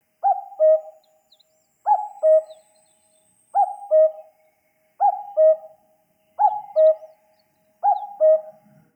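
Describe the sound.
Bird hooting: a double hoot, the second note lower, repeated about every one and a half seconds, six times, against near silence.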